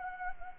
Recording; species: mosquito wingbeat signal from an infrared sensor; Anopheles gambiae